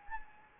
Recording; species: mosquito wingbeat signal from an infrared sensor; Anopheles gambiae